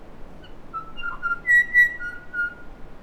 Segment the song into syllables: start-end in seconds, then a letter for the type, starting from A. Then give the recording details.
0.42-0.47 A, 0.72-0.80 B, 0.95-1.17 C, 1.21-1.34 D, 1.44-1.62 E, 1.67-1.88 E, 1.98-2.11 F, 2.31-2.48 D. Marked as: Stutter(decurved), Pipe(E[6]), Chortle_Ghh, Pipe(F[6]), Pipe(A#[6]+), Pipe(F[6]+). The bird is a male. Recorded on Cuvier Island, New Zealand, on 4 November 2016. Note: TrumpetSongClearHarmonics